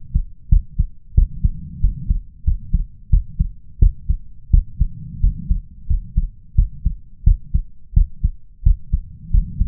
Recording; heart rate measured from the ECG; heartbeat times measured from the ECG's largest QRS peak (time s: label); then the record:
heart sounds by stethoscope; 88 bpm
0.48 s: heartbeat
1.14 s: heartbeat
1.80 s: heartbeat
2.43 s: heartbeat
3.09 s: heartbeat
3.78 s: heartbeat
4.50 s: heartbeat
5.20 s: heartbeat
5.86 s: heartbeat
6.55 s: heartbeat
7.23 s: heartbeat
7.93 s: heartbeat
8.62 s: heartbeat
9.30 s: heartbeat
From the record:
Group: healthy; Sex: male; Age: 21 years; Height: 180 cm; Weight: 67.5 kg